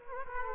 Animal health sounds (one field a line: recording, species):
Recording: mosquito wingbeat signal from an infrared sensor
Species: Aedes aegypti